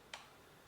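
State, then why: Seated. A battery pack for a Tucok 012s drone is slid straight down into its bay over the connection points and clicks into place with a sharp, bright click at 0.1 s. A second, fainter tick follows at 0.7 s, and the battery is seated.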